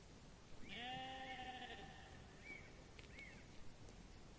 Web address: sheep